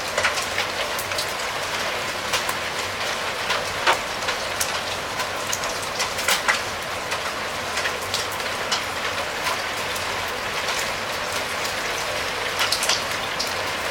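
Rain beats steadily on a roof, a dense, even patter with sharper individual drops cracking through every second or so, clustered around 4, 6 and 13 seconds. A faint low hum sits underneath throughout.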